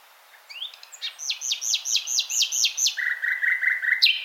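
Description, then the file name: Common nightingale song: a rising note opens a run of about seven quick, loud, repeated sharp notes, then a lower, buzzy rattling series of notes. "Luscinia megarhynchos"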